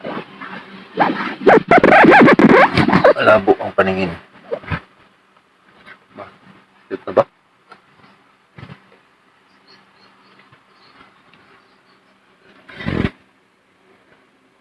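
Someone talks while handling the plastic mesh air filter of a Carrier 0.75 HP window air conditioner, refitting it into the front panel during cleaning, with a loud burst of rustling and knocking around 1–4 s followed by scattered light taps. The filter has not seated or clicked into place yet.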